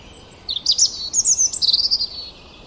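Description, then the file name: European robin singing one rapid phrase of high, thin, tumbling notes and trills lasting under two seconds, sweeping quickly up and down, against faint steady background hiss. "Erithacus rubecula"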